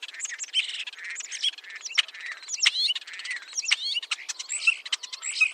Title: Kicau Kacer Durasi Panjang 1jam Lebih